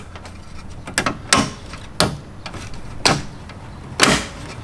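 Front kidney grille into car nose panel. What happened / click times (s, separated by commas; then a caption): The panel's clips snapped into place / 1.0 s, 1.3 s, 2.0 s, 3.1 s. A shiny plastic front kidney grille with M3 stripes is pushed into the nose body panel of an E36 racecar, and its little clips snap it into place. Sharp plastic snaps are heard at 1.0, 1.3, 2.0 and 3.1 seconds, with another sharp sound near 4.0 seconds. The grille ends up seated.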